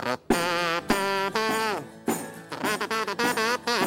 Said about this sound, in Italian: e all'occorrenza c'era questo che si chiama kazoo. Non è un richiamo per le papere, ma è semplicemente uno strumento che dovrebbe sostituire il sassofono. Inizia a suonare.